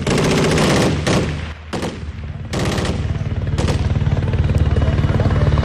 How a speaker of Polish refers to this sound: Przez wyłom weszło 10 uzbrojonych i mających na sobie kamizelki wybuchowe rebeliantów. Zaczęli strzelać.